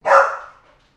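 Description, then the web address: Golden retriever giving a single loud, sharp bark that fades quickly into silence. Domestic dog barking. "Sound Effects-Foundation 1 ANIMAL DOG GOLDEN RETRIEVER DOTTI BARK"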